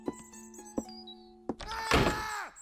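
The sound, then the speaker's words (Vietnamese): A heavy castle door slams shut: three sharp knocks with a lingering metallic ring, then a loud, booming slam that rumbles briefly and fades. No voices. “Cánh cửa nhanh chóng đóng sập lại.”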